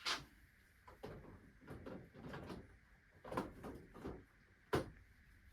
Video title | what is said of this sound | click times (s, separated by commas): 🌿On débute les LEGO Seigneur des Anneaux 🌿(Barad-dûr est dingue 🌋) | Donc on a entendu un petit clic puisque c'est il y a deux petits clics à l'avant de petites pinces qui viennent de se ficher. | 3.4 s, 4.7 s